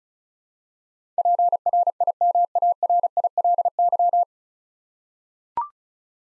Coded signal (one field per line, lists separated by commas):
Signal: Morse code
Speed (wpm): 36 wpm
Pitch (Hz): 700 Hz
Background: none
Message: PRIMARILY